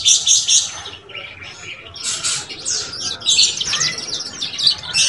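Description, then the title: Belgian canary song, bright high twittering and chirps in close bursts with brief pauses, steady throughout. Belgian canary song used to warm up and stimulate young canaries to start singing and chirping quickly. "Canto Para Esquentar Canário Belga. SUARA KENARI PAUD CUIT CUIT BELAJAR BUNYI - pancingan kenari paud muda agar cepat bunyi dan ngeriwik"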